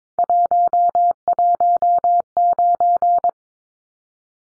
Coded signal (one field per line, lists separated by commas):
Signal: Morse code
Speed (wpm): 22 wpm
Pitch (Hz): 700 Hz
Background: none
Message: 119